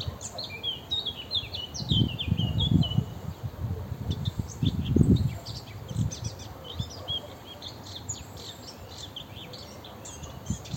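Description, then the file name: Eurasian blackcap warbling song, a quick phrase of notes sliding up and down, with other high chirps scattered throughout over a low rumble. "Sylvia atricapilla"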